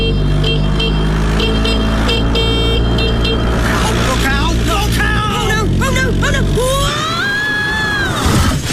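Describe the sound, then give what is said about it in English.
Heavy road traffic hums and honks, with blaring horns and a buzzing moped engine amid shouting voices, then a sudden crash as a woman falls off her moped gives way to a rising, wavering squeal. “She's fallen off her moped.”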